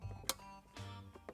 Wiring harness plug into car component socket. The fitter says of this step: Let's get that satisfying click.